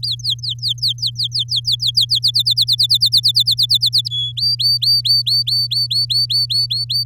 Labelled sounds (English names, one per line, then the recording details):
Domestic Canary song
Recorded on 8 May 2018 at 11:17
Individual llb16